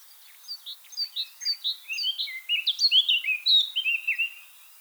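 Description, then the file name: Eurasian blackcap song, a steady stream of clear whistled notes, each sliding up or down, growing louder and richer. "Sylvia atricapilla"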